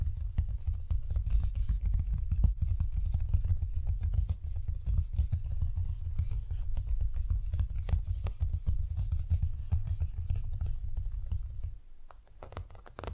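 Rough, fast nail filing during a manicure, a dense low rubbing that runs almost without a break. Short bright taps and ticks are scattered through it, a few sharper ones around eight seconds. The rubbing drops off briefly near twelve seconds, then starts again.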